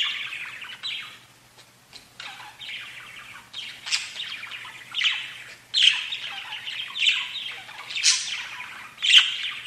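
Budgerigar chatter: warbling, scratchy chirps and squawks in bursts between short pauses.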